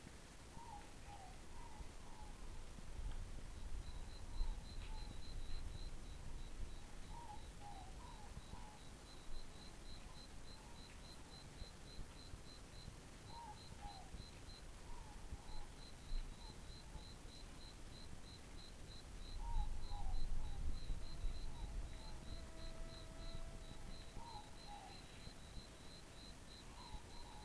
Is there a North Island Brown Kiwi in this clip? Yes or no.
no